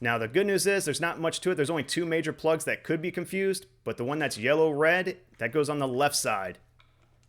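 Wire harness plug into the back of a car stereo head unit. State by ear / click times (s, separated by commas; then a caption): not seated / none. A yellow/red wiring harness plug is being readied to go into the left socket on the back of an aftermarket 7-inch touch screen car radio for a Nissan Frontier. Someone talks for most of the clip, and a few faint ticks follow near the end. Nothing has seated or clicked yet.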